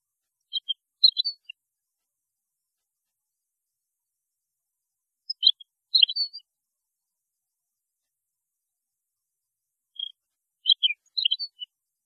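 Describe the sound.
European goldfinch song in three short bursts of bright, liquid twittering notes, spaced about five seconds apart with quiet gaps between.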